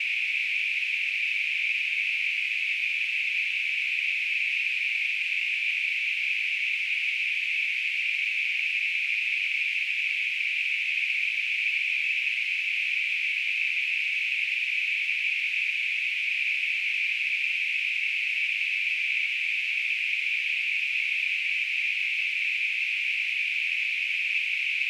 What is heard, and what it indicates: Tinnitus.